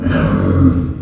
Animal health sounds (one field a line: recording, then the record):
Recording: squeal of a Yucatan mini pig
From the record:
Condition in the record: after surgery on the right vocal fold (resection and tissue-engineered implant)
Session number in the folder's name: 10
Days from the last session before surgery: 86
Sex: female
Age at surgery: 19 weeks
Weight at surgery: 25 kg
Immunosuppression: prednisolone